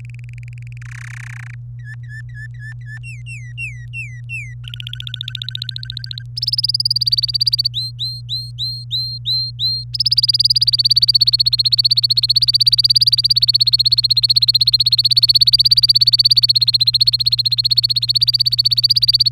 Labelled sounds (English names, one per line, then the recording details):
Domestic Canary song
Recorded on 24 April 2018 at 17:13
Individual llb3